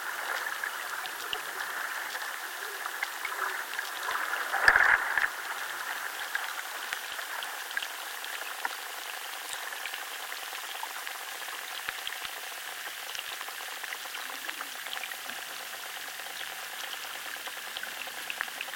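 Underwater life in a chalk river crackles and pops densely and steadily, a fizzing texture with one louder burst around five seconds.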